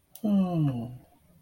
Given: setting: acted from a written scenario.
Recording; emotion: vocal sound without words; awe